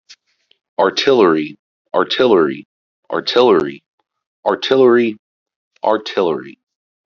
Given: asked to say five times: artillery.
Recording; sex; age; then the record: repeated word; male; 30 to 39 years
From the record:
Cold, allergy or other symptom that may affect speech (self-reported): no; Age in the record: 38 years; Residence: Oklahoma, United States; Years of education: 15